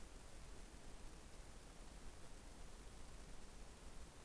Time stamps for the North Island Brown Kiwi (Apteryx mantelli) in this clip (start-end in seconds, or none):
none